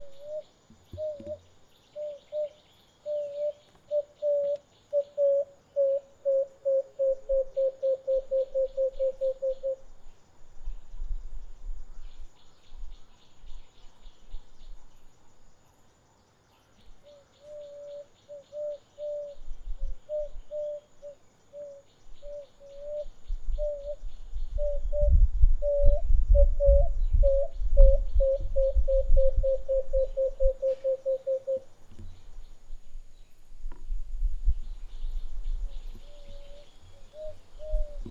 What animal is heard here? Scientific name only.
Turtur chalcospilos